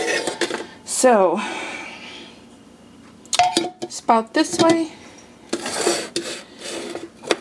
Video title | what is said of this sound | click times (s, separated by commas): Juice-O-Rama - Snack & Meal | There's the centrifuge, pops right in. | 7.3 s